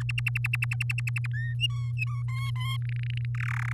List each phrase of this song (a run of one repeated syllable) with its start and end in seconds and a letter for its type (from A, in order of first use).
0.00-1.26 A, 1.33-1.54 B, 1.59-2.22 C, 2.28-2.77 D, 2.82-3.25 E, 3.35-3.73 F